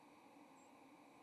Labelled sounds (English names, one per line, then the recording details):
White-throated Sparrow flight call
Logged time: 06:59 on 30 October 2014